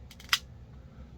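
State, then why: Seated. An inner thumb insert with three tabs and corkscrew grooves is twisted into the outer slug in a bowling ball's thumb hole. A few faint ticks at about 0.1 and 0.2 seconds lead into a sharp plastic snap at 0.3 seconds, and then it goes quiet. The insert locks firmly in place.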